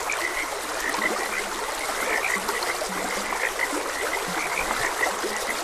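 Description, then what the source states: Frogs croaking, bright repeated notes tumbling over one another, with several short low croaks and a continuous wash of stream water. Frogs croaking beside a gentle stream.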